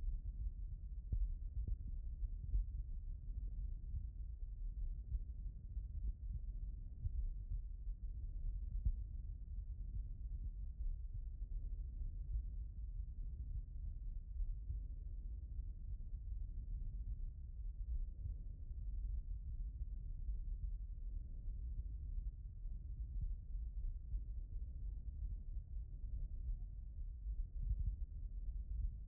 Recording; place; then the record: heart sounds by stethoscope; aortic valve (AV)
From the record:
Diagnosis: non-HFrEF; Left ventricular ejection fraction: 50%